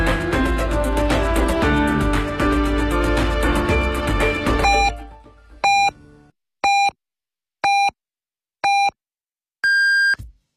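Music fades out, then a Beijing City Radio FM 107.3 time signal from 2018 plays: four short, evenly spaced one-second pips, then a longer, higher-pitched final tone marking 14:00 Beijing time.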